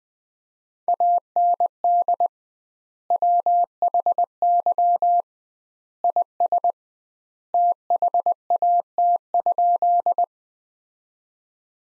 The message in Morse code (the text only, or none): AND WHY IS THAT?